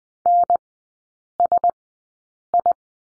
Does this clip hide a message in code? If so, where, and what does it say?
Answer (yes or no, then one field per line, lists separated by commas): yes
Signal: Morse code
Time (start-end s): 0.3-2.7 s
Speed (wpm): 20 wpm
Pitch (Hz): 700 Hz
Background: none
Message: NSI